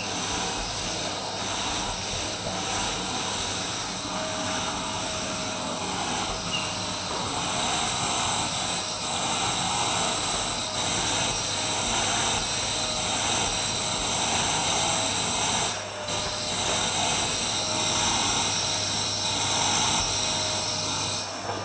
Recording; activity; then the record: daily activity, microphone in the room; vacuum cleaning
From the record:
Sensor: 2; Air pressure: 999.1 hPa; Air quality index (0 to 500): 202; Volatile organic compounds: 31 ppm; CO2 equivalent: 2983 ppm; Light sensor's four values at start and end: 5/12/5/5 and 6/14/6/6